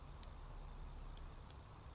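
A machine screw is turned backwards with an allen key at a limit switch mounting hole on a CNC mill X axis, against steady background noise. Faint, sharp ticks sound at 0.2 s and 1.5 s as the screw's thread drops into the start of the hole. The screw is seated, so it will not strip the threads.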